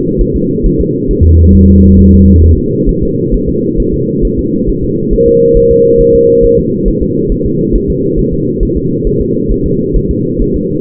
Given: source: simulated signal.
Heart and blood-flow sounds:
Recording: fetal heart sounds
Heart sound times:
0.21 s: S1
0.36 s: S2
0.66 s: S1
0.81 s: S2
1.11 s: S1
1.25 s: S2
1.55 s: S1
1.69 s: S2
1.99 s: S1
2.14 s: S2
2.44 s: S1
2.58 s: S2
2.89 s: S1
3.03 s: S2
3.34 s: S1
3.49 s: S2
3.80 s: S1
3.94 s: S2
4.25 s: S1
4.39 s: S2
4.69 s: S1
4.84 s: S2
5.14 s: S1
5.28 s: S2
5.57 s: S1
5.72 s: S2
6.01 s: S1
6.15 s: S2
6.45 s: S1
6.59 s: S2
6.88 s: S1
7.03 s: S2
7.32 s: S1
7.46 s: S2
7.76 s: S1
7.90 s: S2
8.19 s: S1
8.34 s: S2
8.63 s: S1
8.77 s: S2
9.07 s: S1
9.21 s: S2
9.52 s: S1
9.66 s: S2
9.97 s: S1
10.11 s: S2
10.42 s: S1
10.56 s: S2
From the record:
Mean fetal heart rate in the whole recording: 135 bpm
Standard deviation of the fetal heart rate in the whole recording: 3 bpm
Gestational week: 36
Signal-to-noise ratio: -11.2 dB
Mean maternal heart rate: 72 bpm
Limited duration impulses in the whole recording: present

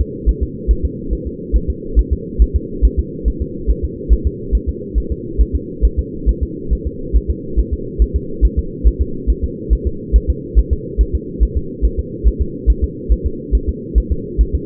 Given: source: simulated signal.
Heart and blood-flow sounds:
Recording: fetal heart sounds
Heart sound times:
0.01 s: S2
0.29 s: S1
0.43 s: S2
0.71 s: S1
0.85 s: S2
1.13 s: S1
1.27 s: S2
1.56 s: S1
1.70 s: S2
1.99 s: S1
2.13 s: S2
2.42 s: S1
2.56 s: S2
2.85 s: S1
2.99 s: S2
3.28 s: S1
3.42 s: S2
3.70 s: S1
3.84 s: S2
4.13 s: S1
4.27 s: S2
4.55 s: S1
4.69 s: S2
4.98 s: S1
5.12 s: S2
5.41 s: S1
5.55 s: S2
5.85 s: S1
5.99 s: S2
6.29 s: S1
6.43 s: S2
6.73 s: S1
6.87 s: S2
7.16 s: S1
7.31 s: S2
7.59 s: S1
7.73 s: S2
8.02 s: S1
8.16 s: S2
8.45 s: S1
8.59 s: S2
8.87 s: S1
9.01 s: S2
9.30 s: S1
9.44 s: S2
9.73 s: S1
9.87 s: S2
10.16 s: S1
10.30 s: S2
10.59 s: S1
10.73 s: S2
11.01 s: S1
11.15 s: S2
11.43 s: S1
11.57 s: S2
11.85 s: S1
11.99 s: S2
12.27 s: S1
12.42 s: S2
12.70 s: S1
12.84 s: S2
13.12 s: S1
13.26 s: S2
13.55 s: S1
13.69 s: S2
13.98 s: S1
14.12 s: S2
14.41 s: S1
14.55 s: S2
From the record:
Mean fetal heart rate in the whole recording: 140 bpm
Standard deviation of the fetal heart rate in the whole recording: 2 bpm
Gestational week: 34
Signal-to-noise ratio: -4.3 dB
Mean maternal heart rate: 72 bpm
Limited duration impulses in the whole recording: absent

